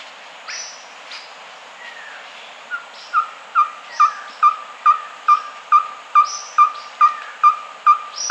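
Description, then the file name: Ferruginous pygmy owl giving a steady run of short, clear whistled toots, a little over two per second, after a few scattered notes early on. Recorded in the Amazon region of Peru. "Ferruginous Pygmy-Owl (Glaucidium brasilianum), Peru"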